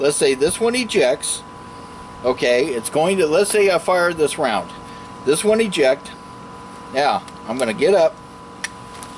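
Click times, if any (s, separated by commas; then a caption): 8.6 s. Someone talks while handling a Remington 870 pump-action shotgun, then pushes a shotgun shell into its magazine tube until the shell latch catches it. A sharp click is heard at 8.7 s, followed by a quieter tick at 9.0 s. The shell is seated in the magazine tube.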